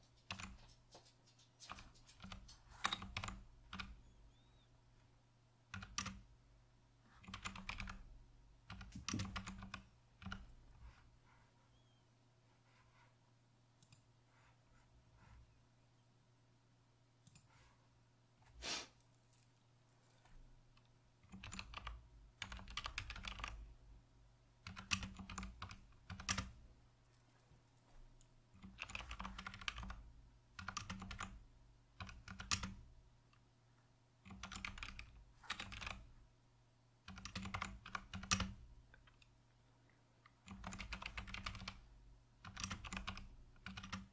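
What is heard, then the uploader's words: Keyboard typing comes in uneven bursts of sharp clicks with short pauses between, over a low steady hum. Keyboard typing, mouse clicking.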